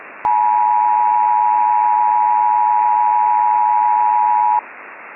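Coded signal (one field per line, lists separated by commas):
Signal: Emergency Alert System (SAME) tones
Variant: 853 and 960 Hz attention tone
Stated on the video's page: Fictional, self-made Murder Drones EAS scenario, not a real alert.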